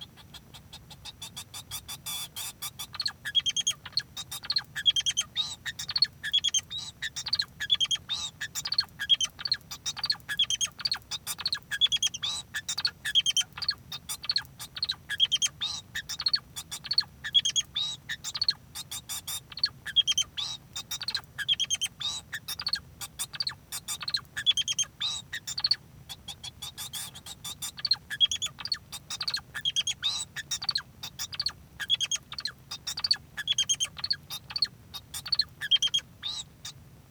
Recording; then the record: song of a male Bengalese finch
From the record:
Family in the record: son of father 2